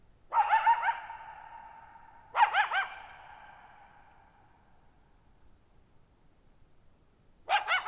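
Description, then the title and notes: Coyote ululating howls, wavering yelps sliding around a steady tone, in bursts about two seconds apart, each trailing off into a long echoing fade, then a fresh burst near the end. Lone coyote, referred to as female, ululation vocalization; Thirtymile Meadows, Okanogan National Forest (Okanogan High Country), Pacific Northwest, 6400 ft, night of July 14, 2019; vocalized nearly 50 minutes in a meadow bowl. "Thirtymile Meadows in the Okanogan National Forest at 6400 ft (1950 m). The area is known as the Okanogan High Country"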